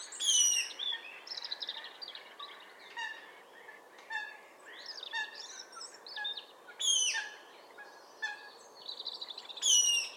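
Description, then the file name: Eurasian nuthatch calls, loud sharp downslurred high notes repeated at intervals, with softer repeated lower notes between them. "Sitta europaea"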